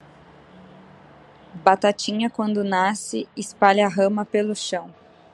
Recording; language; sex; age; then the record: short text; Brazilian Portuguese; female; 30 to 39 years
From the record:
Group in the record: control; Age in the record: 30 years